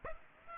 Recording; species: mosquito wingbeat signal from an infrared sensor; Aedes aegypti